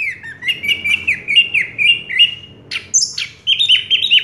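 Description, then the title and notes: Orange-headed thrush song: a series of repeated whistled notes, then a sharp high slur and a few more quick notes, over a faint low hum. A 'teler' style song with a clear voice; the bird's full range of sounds. "Anis Merah Teler Suara Jernih. kumpulan suara anis merah lengkap"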